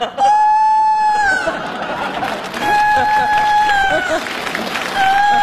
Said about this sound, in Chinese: 这咋还打鸣呢？你这还哟？